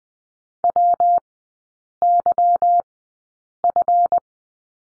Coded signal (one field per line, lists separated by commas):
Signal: Morse code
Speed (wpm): 20 wpm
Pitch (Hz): 700 Hz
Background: none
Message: WYF